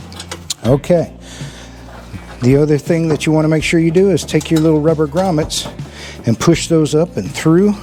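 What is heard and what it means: A plastic electrical connector on the wiring harness is plugged into a new rear door latch assembly on a Hyundai Santa Fe. It seats with a sharp click at 0.5 s, after two smaller ticks, and the two halves are confirmed together. Then someone talks.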